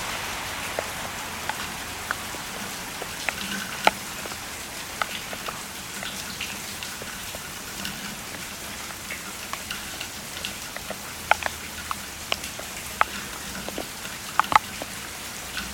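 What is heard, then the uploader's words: Rain falls steadily during Hurricane Hillary in LA, a dense even hiss with scattered sharper drops tapping through it, especially around 4, 11 and 14 seconds. A faint low traffic rumble sits underneath throughout. Modulating Rain Drops with Atmospheric Traffic. This was recorded in LA during Hurricane Hillary.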